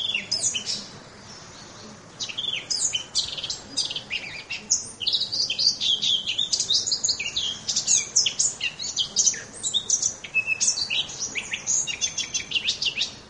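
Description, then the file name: Eurasian blackcap song, a long stream of rapid scratchy and fluty warbled notes after a short opening phrase and a brief pause. "moenchsgrasmuecke"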